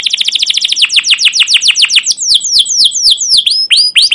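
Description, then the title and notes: Canary song: a continuous fast series of sharp, down-slurred chirps that gradually slows, the last notes hooking upward. Canary song with 'cuit cuit' calls and 'ngerol' rolling style, used as a lure and master for training young canaries to learn sounds. "CUIT CUIT NGEROL LANGSUNG GACOR PANJANG Kenari Ini Utk Pancingan KENAR. PANCINGAN Kenari GACOR PANJANG Cuit CUIT EMOSI ini utk MASTERAN Kenari PAUD belajar BUNYI. burung kenari"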